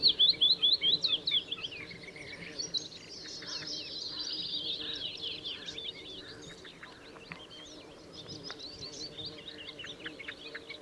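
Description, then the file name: Bluethroat song opening with a fast series of repeated high notes, then a buzzy warbling stretch and varied short notes, with a faint low hum underneath. Recorded on 13 April 2014. "Blaukehlchen 13 04 2014 Schurrsee"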